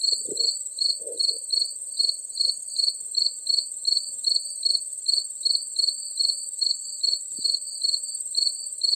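Cricket chirping: high, rhythmic pulses repeated about two or three times per second, over a steady shrill hiss.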